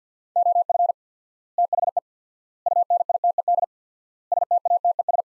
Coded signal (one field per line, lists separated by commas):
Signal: Morse code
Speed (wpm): 50 wpm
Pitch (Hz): 700 Hz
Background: none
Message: OF THE UNITED STATES